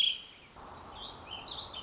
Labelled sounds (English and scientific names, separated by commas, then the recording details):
Warbling Vireo (Vireo gilvus)
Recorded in Sonoma County, California